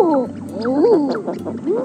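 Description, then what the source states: Eider duck calling, a crooning, oddly human-sounding cooing that rises and falls in smooth wavering slurs, repeated several times. Weirdly human-sounding call, given as an example of birds making closed-mouth vocalizations.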